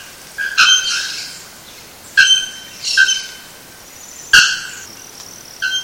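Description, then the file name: Bare-throated bellbird calling with ringing, bell-like metallic notes at irregular intervals, five calls of varying loudness. Recorded at Sítio Cachoeira, Mogi das Cruzes, São Paulo state, Brazil, on 7-2-15. "Procnias-nudicollis-sitiocachoeira-Mogidas Cruzes SP-BR-7-2-15-ASilveira"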